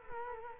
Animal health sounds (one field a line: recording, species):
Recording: mosquito wingbeat signal from an infrared sensor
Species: Culex quinquefasciatus